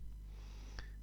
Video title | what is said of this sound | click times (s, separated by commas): FPV DIPLOPIA DOUBLE VISION AOMWAY COMMANDER | another flat cable once it's inside just press down and it locks in place | 0.8 s